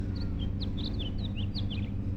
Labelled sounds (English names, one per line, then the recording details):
House Finch song
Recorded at Valley Stream on Long Island, New York, on 17 June 1975
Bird A